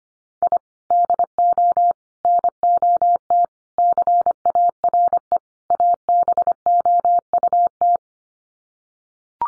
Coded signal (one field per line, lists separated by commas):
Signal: Morse code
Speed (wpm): 25 wpm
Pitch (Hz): 700 Hz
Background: none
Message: I DO NOT CARE ABOUT